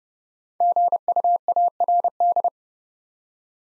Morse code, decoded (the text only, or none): GUARD